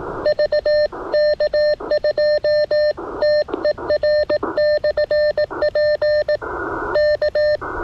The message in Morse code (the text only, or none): VK2TER/P K